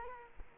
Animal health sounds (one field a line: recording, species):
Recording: mosquito wingbeat signal from an infrared sensor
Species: Culex quinquefasciatus